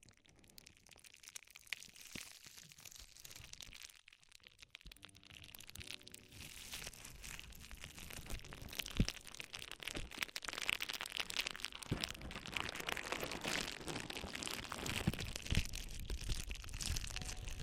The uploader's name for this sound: Extremely Tingly Ear Exploration